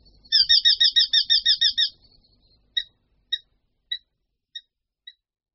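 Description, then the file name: Eurasian hobby giving a fast burst of harsh, repeated kew notes that breaks off into a few slower, evenly spaced single calls. "Ostříž-lesní"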